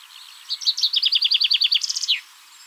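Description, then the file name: Common chaffinch sings one phrase: a series of repeated downslurred notes, then a few high notes and a quick descending terminal flourish. "Fringilla coelebs"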